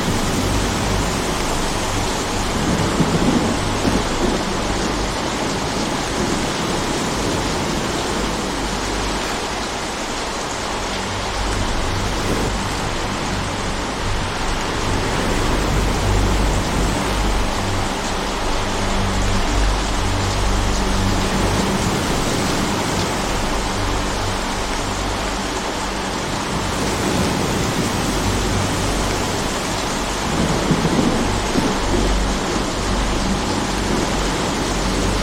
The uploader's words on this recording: Rainy Nights: Soothing Ambience of Rainstorm Sounds.